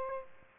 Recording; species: mosquito wingbeat signal from an infrared sensor; Aedes aegypti